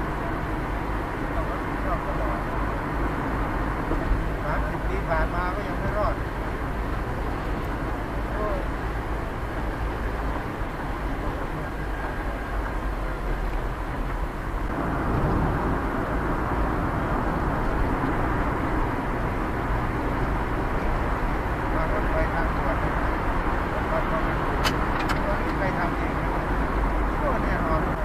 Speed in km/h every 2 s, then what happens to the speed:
47, 46, 46, 47, 46, 47, 48, 50, 50, 50, 51, 53, 54, 53.
0-28 steady at about 48.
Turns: none.